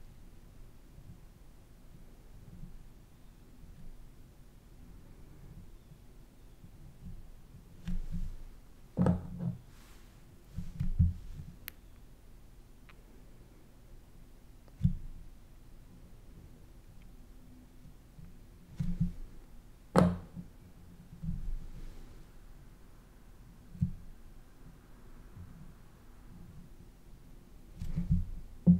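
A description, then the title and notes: A quiet at-home manicure and nail care routine: a soft low rumble runs throughout, broken by small handling noises. Sharp clicks and taps land every few seconds, clustering around the middle and near the end, with faint brushing in between. At-home flower manicure & natural nail care routine.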